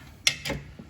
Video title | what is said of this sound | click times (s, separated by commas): how to change air induction flexible pipe 2012 nissan sentra | snap our cover back on all right | 0.3 s